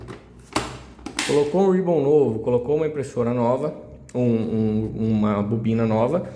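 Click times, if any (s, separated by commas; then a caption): 0.6 s. The hinged plastic top cover of a label printer, closed onto the printer body after loading, latches shut with a sharp snap at 0.6 s, followed by two fainter clicks around 1.0 s. Someone then talks for the rest of the clip.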